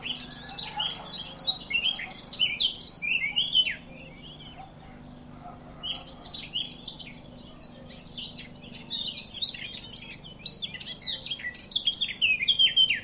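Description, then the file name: Eurasian blackcap song: bursts of rapid chattering warble, broken by short pauses and restarting several times, with a low steady background hum. "Sylvia atricapilla"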